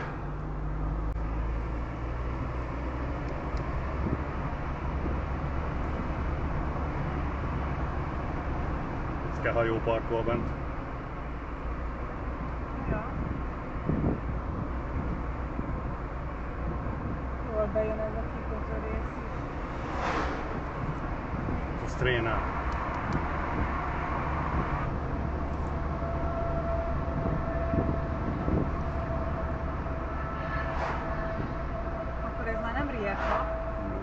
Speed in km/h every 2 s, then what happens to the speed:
48, 52, 57, 52, 51, 47, 48, 49, 51, 51, 55, 58, 59, 59, 56, 54, 48.
0-4 speeds up to 57. 4-11 slows to 47. 11-27 speeds up to 59. 27-34 slows to 48.